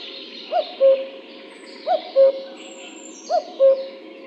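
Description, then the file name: Common cuckoo gives three clear cu-coo calls, a higher note dropping to a lower held note, against a steady hiss. "Cuculo"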